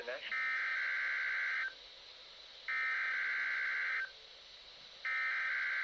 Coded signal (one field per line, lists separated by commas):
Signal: Emergency Alert System (SAME) tones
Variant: header bursts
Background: speech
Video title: EAS 1215 WXM33 RWT